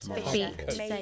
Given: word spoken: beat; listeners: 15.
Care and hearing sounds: one English word in noise, from a listening test; four-talker babble; 0.4 dB; 3 of 15; 6 of 15; 0.63 s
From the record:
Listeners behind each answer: 6, 3, 2, 1, 1, 1, 1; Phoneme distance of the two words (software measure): 10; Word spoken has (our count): 1 syllable, 3 phonemes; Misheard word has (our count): 1 syllable, 3 phonemes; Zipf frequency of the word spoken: 5.07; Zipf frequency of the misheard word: 5.08

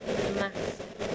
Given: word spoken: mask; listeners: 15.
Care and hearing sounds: one English word in noise, from a listening test; noise modulated by three-talker babble; -4.1 dB; 0 of 15; 10 of 15; 0.75 s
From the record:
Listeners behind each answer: 10, 3, 1, 1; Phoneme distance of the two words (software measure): 7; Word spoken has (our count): 1 syllable, 4 phonemes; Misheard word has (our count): 1 syllable, 3 phonemes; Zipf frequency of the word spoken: 4.04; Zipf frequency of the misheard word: 4.53

